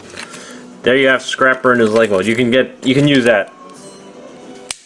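The plastic cab section of a transforming robot toy is rotated on its joint while someone talks, then locks into place with a single sharp click at 4.7 s. The cab is seated.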